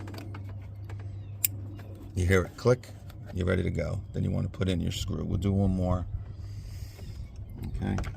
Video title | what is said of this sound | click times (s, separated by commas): 2019 Mitsubishi Outlander Sport Spark Plug Replacement | you're gonna plug her in. You hear it click, you're ready | 1.5 s